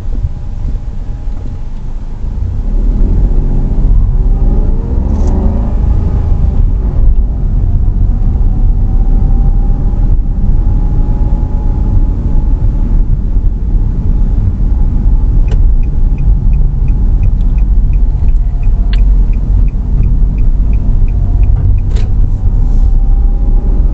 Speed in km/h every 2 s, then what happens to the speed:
5, 4, 17, 22, 26, 28, 29, 27, 26, 22, 23, 25.
2-9 speeds up to 28.